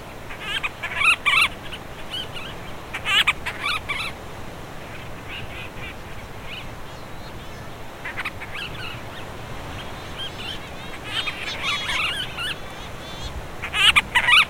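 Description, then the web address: Monteiro's storm petrel chattering: scattered bursts of harsh, squeaky, rapid notes, with louder phrases at the start and end. Vocalizations. "fauna aves aves-marinhas painho-monteiro Vocalizacoes"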